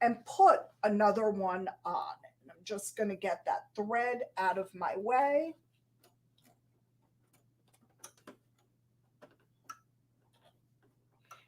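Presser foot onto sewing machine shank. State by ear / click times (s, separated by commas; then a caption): seated / 9.7 s. Someone talks, then a snap-on presser foot is fitted onto the sewing machine's foot holder (shank) amid a few faint small clicks. It snaps into place with a sharp click at 9.7 s, and the foot is seated.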